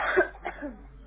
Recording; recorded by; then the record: voluntary cough; telephone call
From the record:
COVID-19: positive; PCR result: checked with the laboratory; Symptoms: no